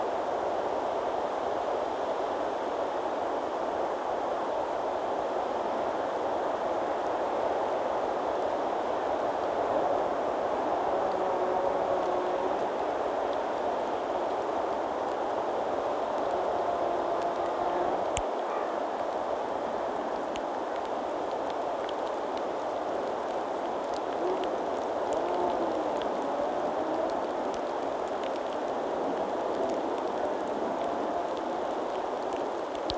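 Wind and rain make a steady, dense rushing hiss that holds at an even level for the whole stretch, strongest in the middle range. Faint tonal whines drift through around ten to twenty seconds, and a sharp click lands near eighteen seconds.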